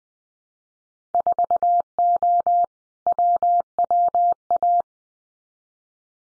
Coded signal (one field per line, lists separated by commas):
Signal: Morse code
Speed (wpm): 19 wpm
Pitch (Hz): 700 Hz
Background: none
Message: 4O WWA